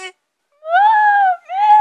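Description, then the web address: Crane calling with a loud, drawn-out bugling note, a brief gap, then a second rising trumpeted note. "grus"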